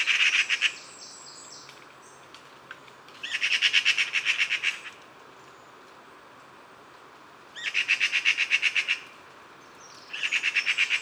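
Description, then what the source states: Eurasian magpies giving harsh rattling alarm chatter in four separate bursts, each a fast run of rasping notes, with long quiet gaps between. Several magpies chattering in alarm at a squirrel near its nest high in a tree fork; autumn, Bois de Vincennes.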